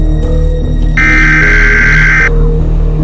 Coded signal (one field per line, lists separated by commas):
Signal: Emergency Alert System (SAME) tones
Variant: header bursts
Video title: EAS Scenario: The Shadow Plague